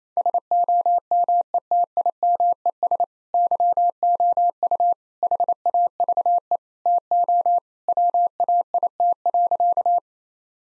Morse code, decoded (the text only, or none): SOMETIMES YOU HAVE TO WAIT.